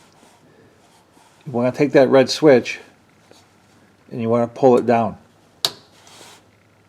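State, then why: Released. On a 2021 Ram bed step, the red locking switch on the white wiring-harness connector is pulled down toward the back of the vehicle while someone talks. At 5.6 seconds the plastic connector position lock releases with a sharp, small click, and the switch is open.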